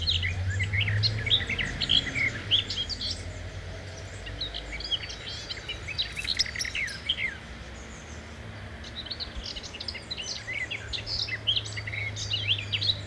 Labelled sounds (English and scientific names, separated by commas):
Common Whitethroat (Sylvia communis) song